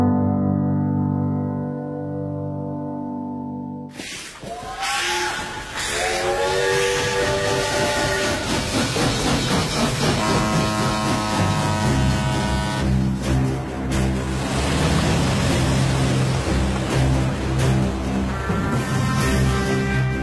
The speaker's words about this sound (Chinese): 伴随着火车鸣笛的声音，今天的博物馆有范儿逛，我们继续和大家一起来逛一逛铁道博物馆。